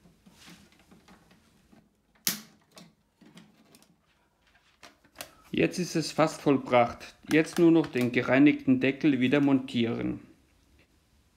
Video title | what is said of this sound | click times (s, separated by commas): Geberit Unterputz Spülkasten reparieren / entkalken | just click this lock into place now it is almost done | 2.3 s